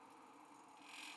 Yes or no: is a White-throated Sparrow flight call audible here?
no